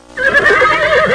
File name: Horse neigh